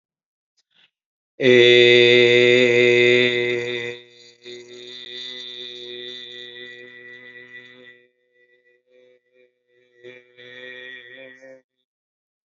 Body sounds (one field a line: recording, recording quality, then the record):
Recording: sustained vowel as in made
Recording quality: excellent, no background noise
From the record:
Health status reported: respiratory illness, not identified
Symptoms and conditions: asthma, hypertension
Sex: male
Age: 81 years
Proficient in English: yes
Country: India